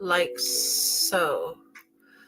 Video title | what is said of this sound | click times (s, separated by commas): SERIES 4: THE GUNDAM (ENDLESS WALTZ) | It didn't snap in like I wanted it to. | none